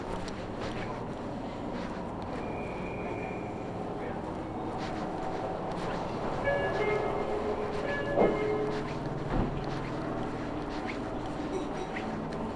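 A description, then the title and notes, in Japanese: A Meitetsu Inuyama-Hiromi Line train running, with a steady low rumble and rattle filling the whole clip. Muffled voices drift in, a brief high tone sounds around three seconds, and a few sharp clacks stand out near eight and nine seconds. ガタンゴトンの旅。名古屋鉄道犬山・広見線 江南→布袋→新可児。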